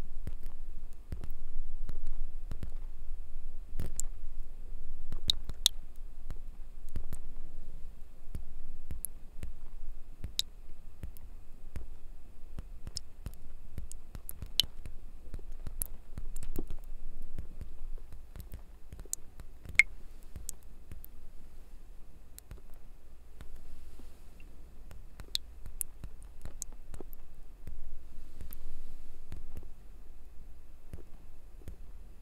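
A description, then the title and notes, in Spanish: Water drips and falls from sprayers in sharp, scattered ticks and clicks, some bright and sparkling, arriving irregularly several times a second throughout. Underneath runs a steady low rumble, and the overall level stays fairly even across the half minute. Sonidos muy relajantes de gotas cayendo, pulverizadores de agua y más.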